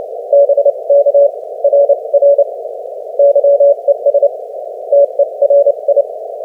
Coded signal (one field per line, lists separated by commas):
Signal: Morse code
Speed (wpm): 32 wpm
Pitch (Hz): 560 Hz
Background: none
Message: BK RR YES TERI